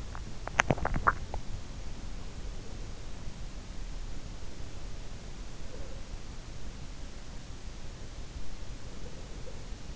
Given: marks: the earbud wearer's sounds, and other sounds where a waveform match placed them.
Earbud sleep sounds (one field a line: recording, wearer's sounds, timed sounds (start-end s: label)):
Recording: sounds in sleep by an in-ear microphone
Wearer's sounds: swallowing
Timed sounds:
0.00-1.73 s: swallowing